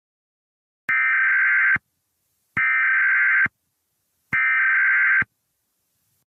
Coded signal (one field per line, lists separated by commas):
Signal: Emergency Alert System (SAME) tones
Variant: header bursts